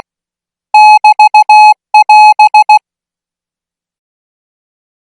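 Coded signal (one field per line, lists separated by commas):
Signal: Morse code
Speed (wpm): 16 wpm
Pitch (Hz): 850 Hz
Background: music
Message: <BT><AS>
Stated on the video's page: Thai Morse practice at 20 words per minute for military signal school students.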